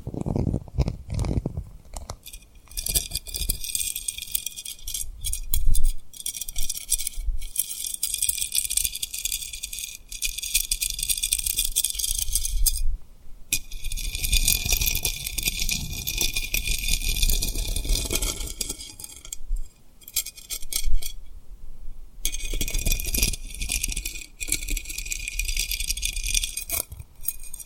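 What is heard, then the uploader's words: Rhinestones are tapped and rubbed in a dense, crinkly rattle of bright clicks that runs in long stretches from about 3 seconds onward. Short pauses break it near 13, 20 and 22 seconds. Soft low thumps sit underneath, strongest in the first few seconds. Tapping & Rubbing Rhinestone Lip Triggers.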